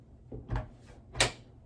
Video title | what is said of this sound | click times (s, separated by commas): EXPAND Your Fridge Space with This! | i don't know if you can hear that click but it actually really latches in place | 1.2 s